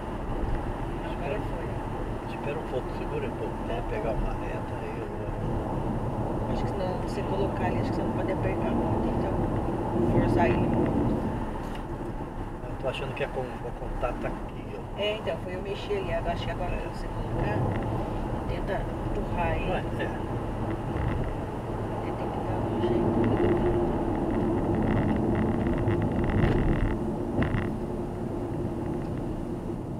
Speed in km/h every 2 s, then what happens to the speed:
86, 81, 81, 83, 85, 80, 76, 79, 84, 88, 90, 86, 67, 57, 50.
0-8 steady at about 83. 8-13 slows to 76. 13-21 speeds up to 90. 21-30 brakes to 50.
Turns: none.